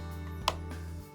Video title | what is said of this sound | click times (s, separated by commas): More Athearn Blue Box train cars meet the rails for the first time | there you go sometimes you can use the screwdriver on the one end and it'll kind of make it snap into place | 0.5 s